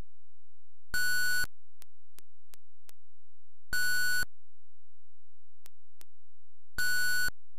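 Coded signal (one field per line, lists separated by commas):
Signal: none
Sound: game's sound effect beeps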